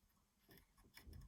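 The already-threaded second-colour yarn is being handled and pressed toward the yarn feeder of a knitting machine carriage (Superba S47 / Singer Memo II/600) for double jacquard. Faint taps and ticks of handling are heard around 0.6 s, 1.0 s and 1.1 s, with a low rumble at the end. Nothing has clicked or seated yet; the yarn is not yet home in the feeder.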